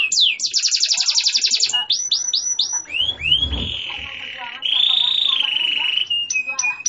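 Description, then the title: Canary song opening with a fast high trill, then swooping slurred notes, a long sustained whistled tone and short clipped notes, with a low thump partway through. Local canary, a vigorous singer with a luxurious song phrasing style (cengkok), described as being of national-champion quality. "Cengkok Kenari Mewah. kenari lokal gacor"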